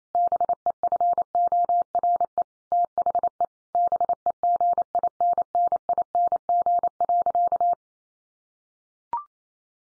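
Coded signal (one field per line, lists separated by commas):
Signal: Morse code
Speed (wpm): 28 wpm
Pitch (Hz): 700 Hz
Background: none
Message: BEFORE THE BEGINNING.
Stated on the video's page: Morse practice drill of sentences sent at 28 wpm for head-copy.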